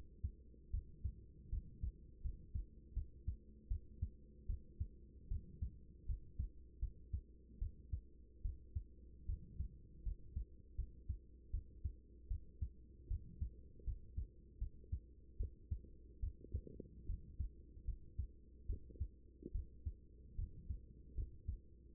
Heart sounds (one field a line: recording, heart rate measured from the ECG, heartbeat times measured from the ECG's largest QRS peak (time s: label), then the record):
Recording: heart sounds by stethoscope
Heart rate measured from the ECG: 76 bpm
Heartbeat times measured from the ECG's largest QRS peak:
0.70 s: heartbeat
1.49 s: heartbeat
2.21 s: heartbeat
2.93 s: heartbeat
3.68 s: heartbeat
4.46 s: heartbeat
5.28 s: heartbeat
6.06 s: heartbeat
6.79 s: heartbeat
7.58 s: heartbeat
8.42 s: heartbeat
9.26 s: heartbeat
10.03 s: heartbeat
10.75 s: heartbeat
11.50 s: heartbeat
12.28 s: heartbeat
13.07 s: heartbeat
13.84 s: heartbeat
14.58 s: heartbeat
15.37 s: heartbeat
16.20 s: heartbeat
17.06 s: heartbeat
17.84 s: heartbeat
18.66 s: heartbeat
19.52 s: heartbeat
20.35 s: heartbeat
21.14 s: heartbeat
21.92 s: heartbeat
From the record:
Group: healthy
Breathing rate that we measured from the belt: 16 breaths a minute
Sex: female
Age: 24 years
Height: 163 cm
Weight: 55.7 kg